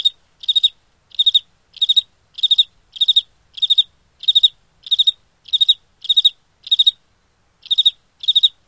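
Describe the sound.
Cricket chirping in regular pulsed bursts about twice a second, with one brief pause before the final chirps.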